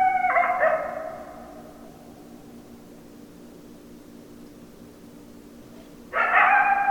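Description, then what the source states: Coyote howls: the tail of one layered howl fades out, a long lull follows, then a fresh howl starts sharply near the end. Several coyotes, 10 December 2012.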